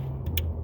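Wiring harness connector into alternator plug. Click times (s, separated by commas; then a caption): 0.4 s. While reconnecting the wiring on a new alternator during an alternator replacement on a 2007 Ford F-250 cargo van, a plastic electrical connector on the wiring harness is pushed onto the alternator plug. Over a steady low hum, a faint tick comes first, then a sharp, bright snap at 0.4 s as the connector clicks in and seats.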